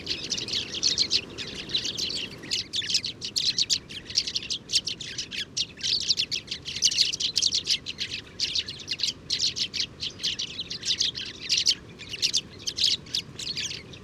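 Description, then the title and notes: Sudan golden sparrow flock chirping, a dense continuous chatter of high sharp chirps overlapping throughout, with little else audible. 7 March 2019, Oued Enoicre, Tagant, Mauritania; oasis; common species, always in family flocks gathering at evening communal roost; recorded in the morning at roost site; Tlp7, MixPre 3. "Moineau doré ou Moineau jaune - Mauritanie. 7 mars 2019-Oued Enoicre - Tagant - Mauritanie"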